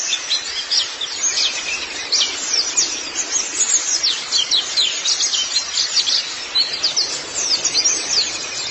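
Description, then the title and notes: White-eye song: rapid, high, thin twittering notes poured out almost without pause, fast chirps and short trills layered densely over a faint steady hiss. "Kicauan Burung Pleci Durasi Panjang. Suara kicauan burung pleci"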